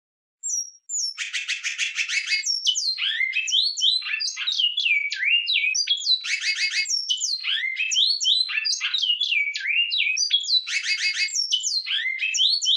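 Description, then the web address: Great-billed seed-finch song with high whistled notes, quick buzzy rattles recurring about every four to five seconds, and varied rising and falling whistles between them. Song style called batuque. "bicudario cantos batuque"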